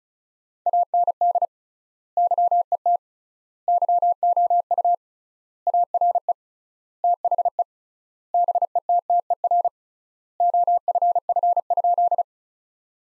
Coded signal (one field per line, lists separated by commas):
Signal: Morse code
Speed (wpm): 36 wpm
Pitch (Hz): 700 Hz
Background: none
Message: AND YET YOU ARE THE BETTER OFF?